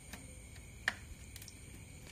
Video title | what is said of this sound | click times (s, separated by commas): CARA PASANG 2 BUAH ROUTER TAMBAHAN WiFi IND1H0ME PAKE KABEL LAN | LAN ke port lan tiga seperti ini Sampai bunyi klik | 0.9 s